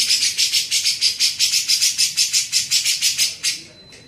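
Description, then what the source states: Grey-cheeked bulbul chattering in a steady run of rough, rasping notes, about three each second, before trailing off into quiet. Masteran training recording made for teaching songbirds; Indonesian name cucak jenggot.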